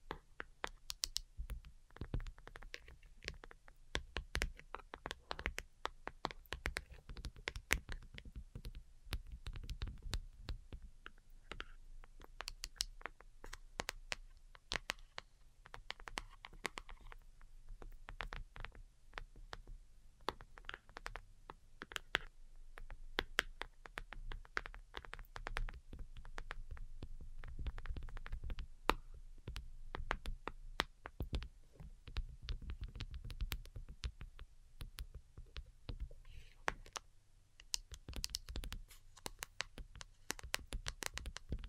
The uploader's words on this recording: ASMR DELICATE Tapping for Sleep (No Talking).